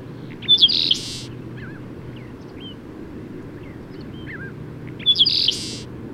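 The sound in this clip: Bird singing two loud phrases, each a clear whistle ending in a buzzy burst, roughly four and a half seconds apart; quieter twittering calls fill the gap over a low hum.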